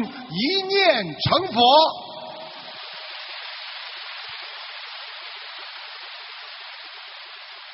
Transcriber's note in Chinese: 掌声